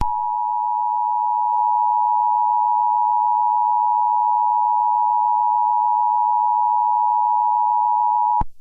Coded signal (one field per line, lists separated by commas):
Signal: Emergency Alert System (SAME) tones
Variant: 853 and 960 Hz attention tone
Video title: ZGL EAS Test